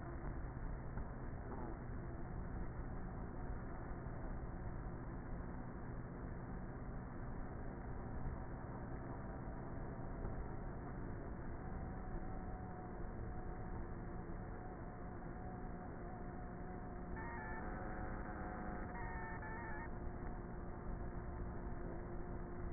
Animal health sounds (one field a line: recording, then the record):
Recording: honeybee colony, microphone inside the hive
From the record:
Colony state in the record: queenless with a low population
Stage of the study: before two queens were removed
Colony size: about 30,000 bees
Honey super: no